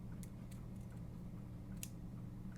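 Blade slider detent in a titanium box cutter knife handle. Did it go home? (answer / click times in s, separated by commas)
yes / 1.8 s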